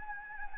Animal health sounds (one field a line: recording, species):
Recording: mosquito wingbeat signal from an infrared sensor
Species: Anopheles gambiae